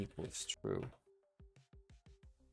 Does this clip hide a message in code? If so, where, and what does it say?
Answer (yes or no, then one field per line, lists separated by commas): no